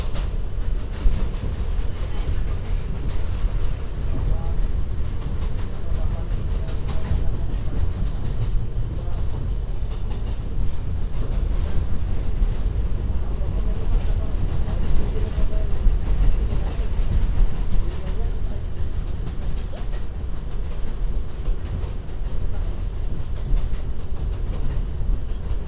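A binaural recording of a ride on the MTA subway: a steady, dense rumble of the train fills the low end throughout, with rattling and clatter on top. Voices murmur faintly in the background, and the level stays constant without clear breaks.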